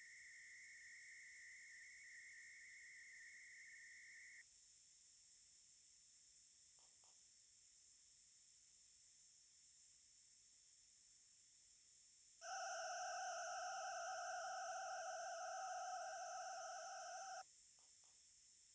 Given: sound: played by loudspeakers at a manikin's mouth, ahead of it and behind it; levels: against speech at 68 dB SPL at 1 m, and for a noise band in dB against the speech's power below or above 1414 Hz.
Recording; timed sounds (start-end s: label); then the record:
test signals for a remote microphone
0.00-4.41 s: noise band at 2000 Hz, -13 dB
12.41-17.41 s: four noise bands (707, 1414, 2828 and 5656 Hz), 50 dB SPL
From the record:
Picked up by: remote microphone D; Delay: 24 ms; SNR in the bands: 28 dB at 1414 Hz, 17 dB at 2828 Hz, 21 dB at 5656 Hz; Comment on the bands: gain adaptation more progressive through entire signal